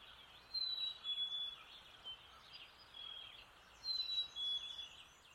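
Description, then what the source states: Black-capped chickadee: two sets of sweet two-note whistles, high then lower, over a chorus of other small birds and steady rushing noise. Call at dawn with a distant river.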